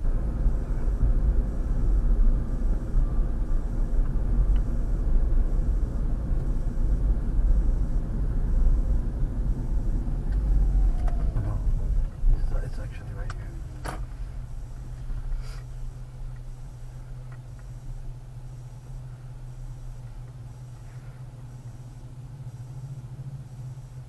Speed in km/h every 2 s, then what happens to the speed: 45, 42, 42, 40, 37, 29, 19, 8, 2, 0, 0, 0.
0-16 slows to 2. 16-24 standing.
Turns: none.